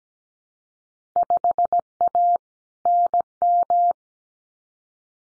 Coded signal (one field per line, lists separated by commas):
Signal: Morse code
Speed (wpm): 17 wpm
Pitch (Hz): 700 Hz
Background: none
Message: 5A NM